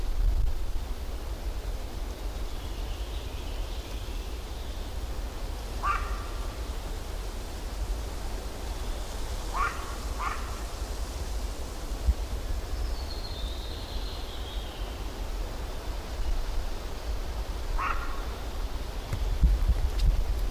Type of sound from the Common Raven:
call